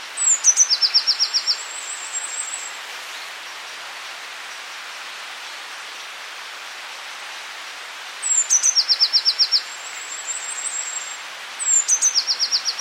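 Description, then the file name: Eurasian blue tit song: three phrases, each of high, thin lead-in notes dropping into a quick trill. "Cyanistes caeruleus"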